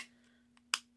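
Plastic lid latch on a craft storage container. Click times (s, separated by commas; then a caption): 0.7 s. A plastic lid latch on a craft storage container is snapped closed, and the latch seats firmly with one loud, sharp click at 0.7 s. A faint tick comes just before it at 0.6 s, with a steady low hum underneath throughout.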